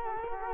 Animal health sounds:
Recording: mosquito wingbeat signal from an infrared sensor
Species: Culex quinquefasciatus

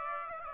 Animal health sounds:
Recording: mosquito wingbeat signal from an infrared sensor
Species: Aedes aegypti

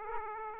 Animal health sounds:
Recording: mosquito wingbeat signal from an infrared sensor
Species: Aedes aegypti

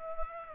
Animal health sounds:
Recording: mosquito wingbeat signal from an infrared sensor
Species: Aedes aegypti

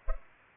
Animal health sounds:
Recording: mosquito wingbeat signal from an infrared sensor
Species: Culex pipiens

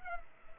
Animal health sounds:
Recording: mosquito wingbeat signal from an infrared sensor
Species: Culex pipiens

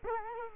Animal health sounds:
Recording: mosquito wingbeat signal from an infrared sensor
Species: Culex quinquefasciatus

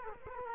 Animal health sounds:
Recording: mosquito wingbeat signal from an infrared sensor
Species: Culex quinquefasciatus

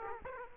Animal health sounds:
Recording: mosquito wingbeat signal from an infrared sensor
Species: Aedes aegypti

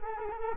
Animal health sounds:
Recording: mosquito wingbeat signal from an infrared sensor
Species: Culex quinquefasciatus

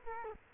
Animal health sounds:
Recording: mosquito wingbeat signal from an infrared sensor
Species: Culex quinquefasciatus

